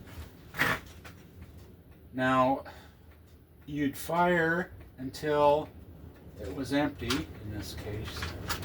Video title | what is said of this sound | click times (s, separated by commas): U.S.Rifle.30 Cal. M1(Garand) overview . | The bolt is a rotating bolt. It comes down and locks in place. | 0.6 s